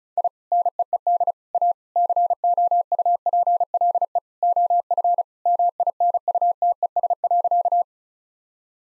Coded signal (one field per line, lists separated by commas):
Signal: Morse code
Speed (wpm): 36 wpm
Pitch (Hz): 700 Hz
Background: none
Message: I NEED A COUPLE OF MINUTES.